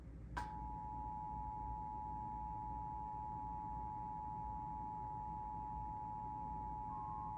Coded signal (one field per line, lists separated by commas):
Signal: Emergency Alert System (SAME) tones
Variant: 853 and 960 Hz attention tone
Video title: EAS Alert: Required Monthly Test 8/6/25